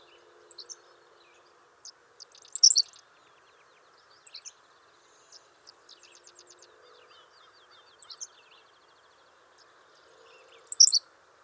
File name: Ammodramus henslowii - Henslow's Sparrow